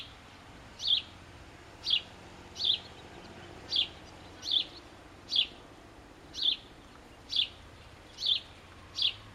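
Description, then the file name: House sparrow repeating single short chirps over a quiet hissing background. "Passer domesticus"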